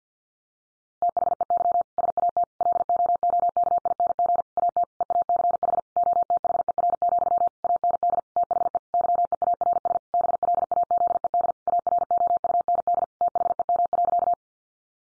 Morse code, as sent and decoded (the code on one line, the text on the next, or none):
- .... . -.-- / ... .- - / .-.. --- --- -.- .. -. --. / .- - / . .- -.-. .... / --- - .... . .-. --..-- / .- -. -.. / - .... . / -.-- . .- .-. ... / -... .-.. .- --.. . -.. / .- .-. --- ..- -. -.. / - .... . -- .-.-.-
THEY SAT LOOKING AT EACH OTHER, AND THE YEARS BLAZED AROUND THEM.